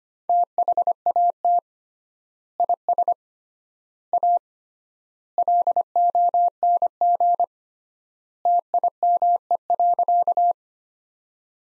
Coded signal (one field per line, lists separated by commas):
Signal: Morse code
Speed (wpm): 25 wpm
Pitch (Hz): 700 Hz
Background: none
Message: THAT IS A LONG TIME.